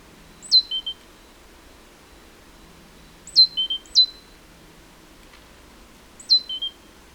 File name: Parus major